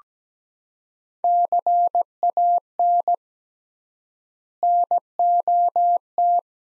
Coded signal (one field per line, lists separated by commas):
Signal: Morse code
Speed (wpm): 17 wpm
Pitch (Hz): 700 Hz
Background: none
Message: CAN NOT